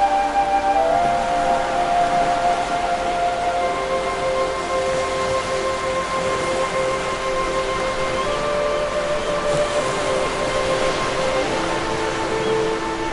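Ocean waves wash in a steady, even hiss that fills the whole clip without distinct breaking crashes. Above it, long sustained tones hold and shift slightly in pitch, like soft music layered over the surf, with a brief change near nine seconds.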